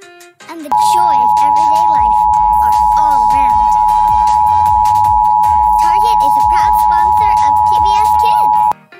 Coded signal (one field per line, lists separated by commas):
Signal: Emergency Alert System (SAME) tones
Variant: 853 and 960 Hz attention tone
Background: speech, music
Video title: (EAS MOCK) Average PBS Kids EAS Alert